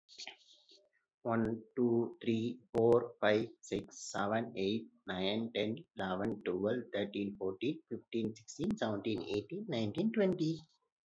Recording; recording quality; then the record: counting at a fast pace; excellent, no background noise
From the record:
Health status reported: exposed to COVID-19, no respiratory illness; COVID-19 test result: not tested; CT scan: not taken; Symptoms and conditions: none ticked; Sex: male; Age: 25 years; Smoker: no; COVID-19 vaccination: both doses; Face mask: worn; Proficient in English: yes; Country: India